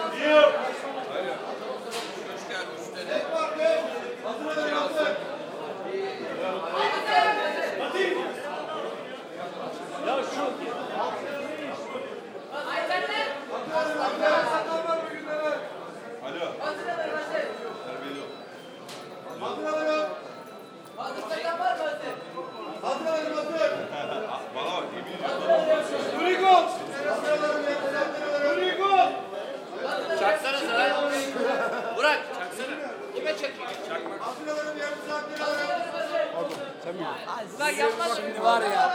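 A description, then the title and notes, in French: Many voices talk at once in a busy space in Istanbul, a steady dense chatter with a man speaking throughout. Au souk et au café. Prise de son et réalisation : Jeanne Robet.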